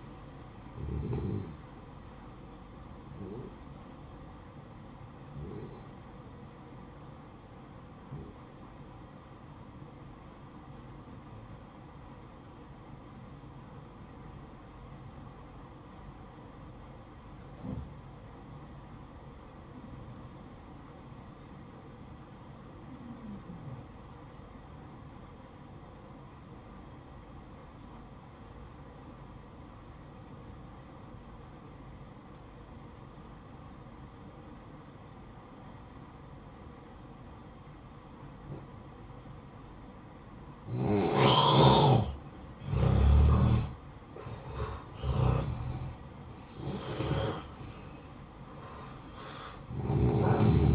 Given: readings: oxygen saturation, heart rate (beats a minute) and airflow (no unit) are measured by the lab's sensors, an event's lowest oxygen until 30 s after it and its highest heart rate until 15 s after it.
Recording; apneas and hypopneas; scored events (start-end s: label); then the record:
breathing in sleep by a smartphone at the bedside; 1
10.00-41.50 s: obstructive apnea (N1, oxygen 95% highest, then 85% lowest, heart rate 56 at the start, 68 highest)
25.00-50.75 s: new sleep stage, N2 (light sleep)
From the record:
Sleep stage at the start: N1 (lightest sleep); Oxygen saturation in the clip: 86 to 95%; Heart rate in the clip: 54 to 64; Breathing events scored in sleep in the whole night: 573 in 9.8 hours asleep